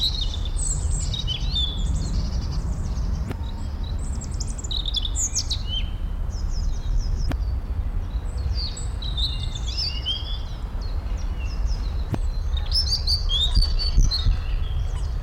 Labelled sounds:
Great Tit call
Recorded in the wild
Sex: male
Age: adult
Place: Schloßpark Niederschönhausen, Berlin, DE
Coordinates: 52.58, 13.41
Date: 1994-04-17 11:30
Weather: heiter bis wolkig, 8 bis 10°C
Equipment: Marantz CP 430, Sennheiser ME 80, Kopie Uher Variocord 263
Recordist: Tembrock, Günter

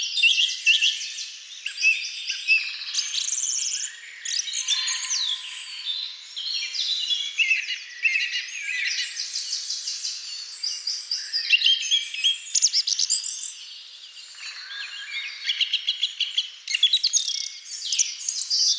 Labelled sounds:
Song Thrush song
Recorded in the wild
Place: Waltershofen / Freiburg im Breisgau, Baden-Württemberg, DE
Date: 2005-04-09
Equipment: Minidisc Sony MZ-R35, Telinga DAT, Telinga-Parabolspiegel
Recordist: Schwarz, Dieter
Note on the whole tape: Song

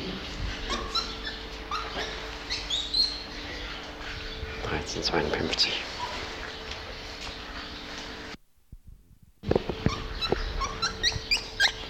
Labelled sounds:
Lar Gibbon
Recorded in captivity
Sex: male
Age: adult
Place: Zoo Magdeburg, Sachsen-Anhalt, DE
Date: 1989-05-12 13:52
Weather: bedeckt, z.T. Regen, ca. 12°C
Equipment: Sony WM-D6C, Sony ECM-939 LT, Kopie Tesla B 116
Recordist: Tembrock, Günter

